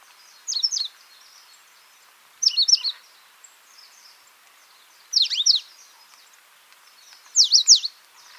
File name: coal crested finch